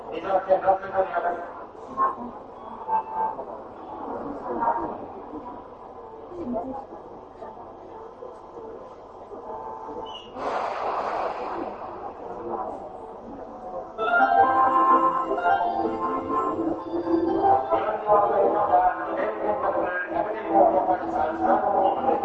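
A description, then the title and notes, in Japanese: Inside a Tokyo Metro 7000 series train, a steady low rumble runs under announcement speech, with a sharp burst near ten seconds and louder motor whine after fourteen. 東京メトロ7000系 新木場〜練馬。車体は20m両開き4扉のアルミニウム合金製。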